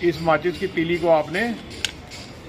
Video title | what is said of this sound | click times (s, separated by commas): Delhi jag Mug( Illumination) Deepawali lights Evening Iss Videos me Dekho | यह देखिए। यह मेरे टक की आवाज हुई। यह अब लोड हो गई है। | 1.8 s